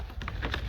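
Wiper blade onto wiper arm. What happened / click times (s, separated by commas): The wiper blade clip snapped onto the arm / 0.2 s, 0.3 s, 0.5 s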